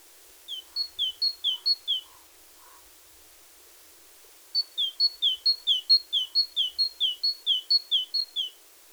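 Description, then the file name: Great tit repeating high-then-lower two-note phrases in two bouts, with a few faint lower notes between them and a quiet pause. "Parus major"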